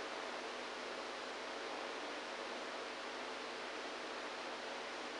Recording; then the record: brain microelectrode recording played as sound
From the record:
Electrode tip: inside the subthalamic nucleus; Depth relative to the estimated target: -1 mm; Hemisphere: right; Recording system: NeuroSet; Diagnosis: Parkinson's disease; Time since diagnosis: 27 years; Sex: male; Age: 62 years